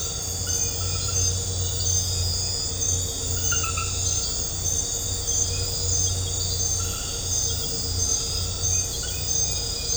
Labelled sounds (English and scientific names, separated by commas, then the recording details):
none
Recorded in dense forest near Puerto Asís, Putumayo, Colombia, on 4 March 2025 at 00:00
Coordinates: 0.468, -76.322
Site GP01